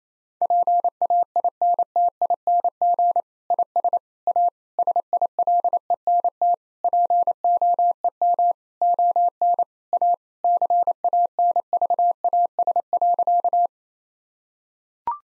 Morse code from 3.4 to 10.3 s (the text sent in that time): IS A SILENT POEM ON A